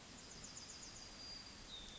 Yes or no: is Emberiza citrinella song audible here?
yes